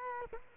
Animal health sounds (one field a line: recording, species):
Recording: mosquito wingbeat signal from an infrared sensor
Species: Culex quinquefasciatus